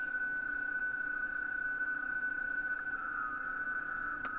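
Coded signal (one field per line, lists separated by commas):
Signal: PSK31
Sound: a single steady warbling tone in the middle pitch range, over hiss throughout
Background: radio static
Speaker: so Chris is coming back to us now you see thanks Jerry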